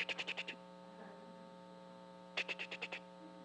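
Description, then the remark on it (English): Two short bursts of rapid, buzzy clicking, each about half a second of quick pulses, a voice mimicking the rattle of a rattlesnake heard at a grassy roadside rest stop, over a steady low electrical hum, with a pause between them. “Wait, I think that's a rattlesnake, you know?”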